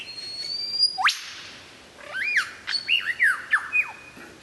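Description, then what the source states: White-rumped shama song: a long thin high whistle, a sharp upward sweep, then several looping whistled phrases in quick succession. Described as the best murai batu of 2014, used for mastering (song training).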